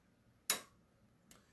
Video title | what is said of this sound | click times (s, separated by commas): Mike TP Demo FB | and make sure it snaps into place | 0.5 s